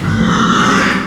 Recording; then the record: squeal of a Yucatan mini pig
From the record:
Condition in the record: after surgery on the right vocal fold (resection and tissue-engineered implant); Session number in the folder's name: 14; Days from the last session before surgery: 133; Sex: female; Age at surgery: 19 weeks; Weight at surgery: 25 kg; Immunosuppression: prednisolone